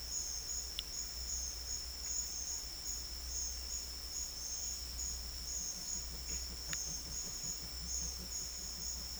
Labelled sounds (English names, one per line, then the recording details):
none
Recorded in secondary vegetation near Puerto Asís, Putumayo, Colombia, on 20 December 2024 at 11:30
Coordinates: 0.488, -76.319
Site GP04